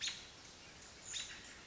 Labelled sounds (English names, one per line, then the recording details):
American Robin
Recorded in Sonoma County, California